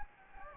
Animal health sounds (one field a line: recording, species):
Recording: mosquito wingbeat signal from an infrared sensor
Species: Anopheles gambiae